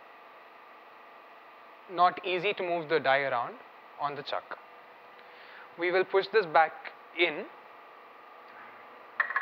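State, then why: Seated. Someone talks over a steady background hum while the sliding chuck stage of an automated probe station, with a die loaded on it, is pushed back into the station housing. It locks into place with a sharp hit at 9.2 s, followed by smaller mechanical clicks, and the stage is seated.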